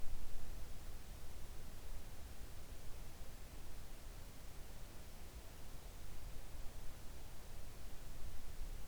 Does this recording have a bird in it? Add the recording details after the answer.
no. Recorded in the Arctic National Wildlife Refuge, Alaska, on 3 August 2019 at 06:06. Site 41